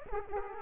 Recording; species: mosquito wingbeat signal from an infrared sensor; Aedes aegypti